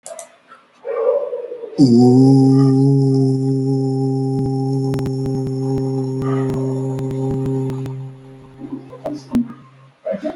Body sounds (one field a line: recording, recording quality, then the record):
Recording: sustained vowel as in boot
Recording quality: moderate, slight background noise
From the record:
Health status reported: healthy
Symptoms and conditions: none ticked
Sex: male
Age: 21 years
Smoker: not ticked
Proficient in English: yes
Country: India